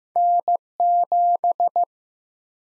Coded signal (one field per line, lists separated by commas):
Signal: Morse code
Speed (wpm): 15 wpm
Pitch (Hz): 700 Hz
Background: none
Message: N7